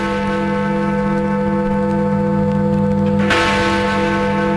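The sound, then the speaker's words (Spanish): The great clock bell of the Palace of Westminster, seat of the UK Parliament, housed in a 61-metre tower, rings out with a deep, sustained tone and shimmering overtones, then is struck again, sending a fresh bright peal over the lingering hum. No voices. “es el nombre de la gran campana del reloj situado en el Palacio de Westminster”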